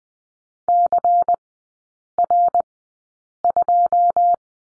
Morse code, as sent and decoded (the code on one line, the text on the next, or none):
-.-. .-. ..---
CR2